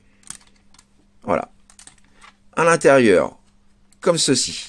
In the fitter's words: Quand c'est fait, vous exercez une pression sur les roues et vous entendez le clic, donc pour les rentrer, voilà,